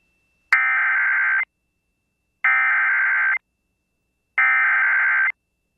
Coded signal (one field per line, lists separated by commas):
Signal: Emergency Alert System (SAME) tones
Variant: header bursts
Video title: RARE Dust Storm Warning for Kansas (9/9/25) [EAS #293]